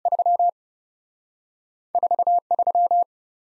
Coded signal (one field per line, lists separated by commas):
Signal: Morse code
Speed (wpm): 38 wpm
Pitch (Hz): 700 Hz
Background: none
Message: 3 4 3